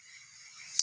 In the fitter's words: menonjol keluar ya hanya belum terkunci lalu disini kita tekan